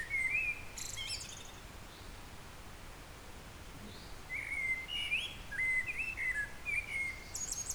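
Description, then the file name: Eurasian blackbird opening with a short fluted note, then after a lull a long meandering warbled phrase, with high tinkling notes. "Turdus merula"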